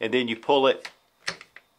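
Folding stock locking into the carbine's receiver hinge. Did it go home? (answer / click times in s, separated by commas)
yes / 1.3 s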